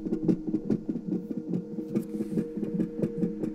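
Rapid, regular whooshing pulses at about 140 beats a minute, heard on a sonogram and recorded on a cell phone, with a low hum behind. This is a fetal heartbeat, beating super fast like a rabbit's, much faster than an adult's.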